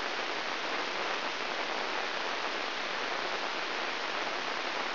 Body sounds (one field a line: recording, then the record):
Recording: brain microelectrode recording played as sound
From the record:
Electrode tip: inside the subthalamic nucleus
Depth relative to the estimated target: -1 mm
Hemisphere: left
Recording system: AlphaMap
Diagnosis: Parkinson's disease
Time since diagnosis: 9 years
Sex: female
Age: 63 years